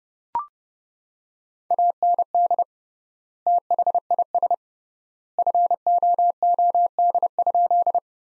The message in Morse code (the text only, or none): AND THIS FOOD?